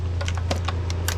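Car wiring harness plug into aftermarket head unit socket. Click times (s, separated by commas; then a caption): 1.1 s. A car wiring harness plug is pushed into the black square socket on the back of a new aftermarket head unit during a Honda Civic stereo installation. A steady low hum runs under a series of short clicks and rattles as the plug is worked in. The loudest click at 1.1 s marks the connector seating, confirming it is connected.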